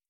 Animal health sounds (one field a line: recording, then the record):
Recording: hydrophone in a shrimp aquaculture tank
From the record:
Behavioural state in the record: stressed